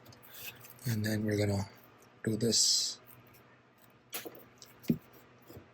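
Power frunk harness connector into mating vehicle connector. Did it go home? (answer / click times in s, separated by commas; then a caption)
yes / 4.4 s, 4.6 s. Someone talks while a second plastic harness connector for a Hansshow Power Frunk V5 on a Tesla Model Y is pushed together with its mating vehicle connector, daisy-chaining the harness. Two short, sharp clicks sound at 4.4 s and 4.6 s as the connector locks and is seated.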